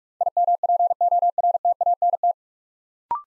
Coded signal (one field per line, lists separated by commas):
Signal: Morse code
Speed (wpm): 44 wpm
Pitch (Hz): 700 Hz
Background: none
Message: IMPORTANT